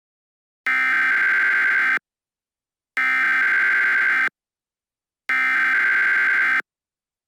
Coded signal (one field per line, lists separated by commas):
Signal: Emergency Alert System (SAME) tones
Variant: header bursts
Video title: ▌EAS SCENARIO▐ NFL Game Tornado Emergency!